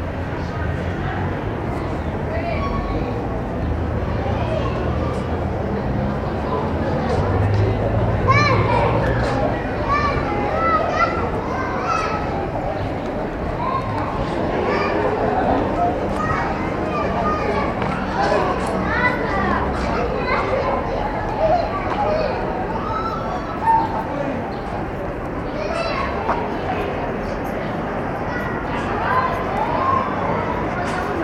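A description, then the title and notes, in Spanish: A pedestrian street's children's play area hums with a dense, steady babble of overlapping voices and kids' shouts, over a low outdoor rumble. Peatonal Drago (Gregory Street); sector juegos infantiles. 18.45hs aprox.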